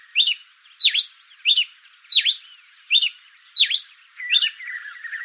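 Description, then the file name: Pileated finch song: a series of short, sharp descending chips repeated about every two-thirds of a second, with a faint steady high tone running behind and a brief lower warble at the end. "coryphospingus pileatus"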